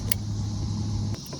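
A torque wrench set to 45 ft-lb tightens the steel flywheel nut on the crankshaft of a 2005 Genuine Stella 2T scooter during a flywheel and stator replacement. A sharp click sounds at 0.1 s over a steady low hum. The wrench clicks at its setting, confirming the nut reached 45 foot-pounds.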